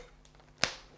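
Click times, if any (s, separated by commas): 0.6 s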